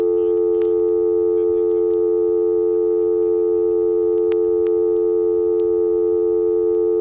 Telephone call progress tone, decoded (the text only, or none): dial tone